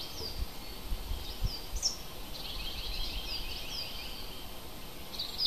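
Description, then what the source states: Birds chirping, high slurred notes and a quick trilled run amid steady background noise with low rumbling. Native hedgerow birds recorded in April.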